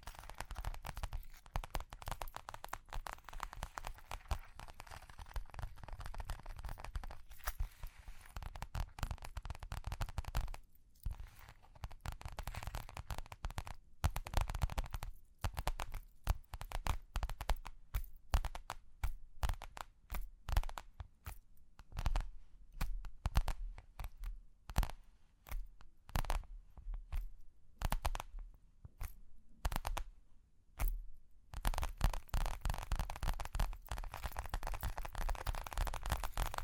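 Tapping and scratching sounds, like ear cleaning, crackle on and off for the whole stretch in dense, irregular bursts with brief silent gaps, busiest after about fifteen seconds. The scratches sound dry and crisp, with a low rumble under many of the taps.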